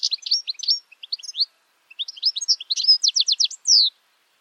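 Bird song opening with scattered chirps, a pause, then a fast run of notes and a trill, finishing with a drawn-out slurred note.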